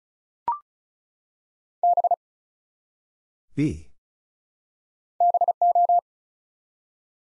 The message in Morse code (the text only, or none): B BO